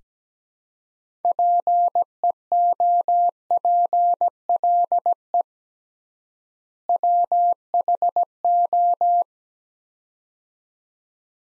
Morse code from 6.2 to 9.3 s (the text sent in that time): WHO